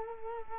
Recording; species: mosquito wingbeat signal from an infrared sensor; Culex quinquefasciatus